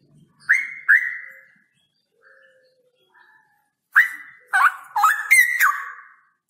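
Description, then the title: Straw-headed bulbul song: two loud whistled notes, a pause with faint notes, then a bubbling run of rising and falling whistles. Male, singing loudly with long trills. "Cucak ROWO Jantan GACOR Suara Lantang ROoo EL Panjang"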